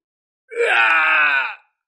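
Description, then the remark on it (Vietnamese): A man lets out a single agonized scream of pain, loud and strained, swelling up at the start and then holding steady for about a second before cutting off, as he covers his brow with his hand and staggers back. “hét thảm một tiếng, dùng tay che lấy mi tâm, lảo đảo lui lại.”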